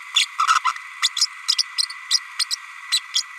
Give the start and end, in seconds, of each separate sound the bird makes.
0.14-0.26, 0.39-0.46, 0.64-0.72, 1.02-1.09, 1.16-1.26, 1.48-1.55, 1.58-1.64, 1.77-1.82, 2.10-2.19, 2.39-2.45, 2.50-2.56, 2.92-2.99, 3.14-3.22